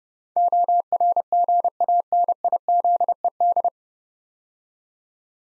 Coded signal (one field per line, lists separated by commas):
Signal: Morse code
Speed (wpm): 28 wpm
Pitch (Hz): 700 Hz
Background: none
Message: ORGANIZED